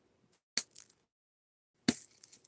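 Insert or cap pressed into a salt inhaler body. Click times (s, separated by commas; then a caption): 0.6 s, 1.9 s. An insert or cap is pressed into the body of a salt inhaler with both thumbs, giving two sharp, loud pops at 0.6 s and 1.9 s, each followed by softer rattling ticks. The part pops in and seats under the thumb pressure.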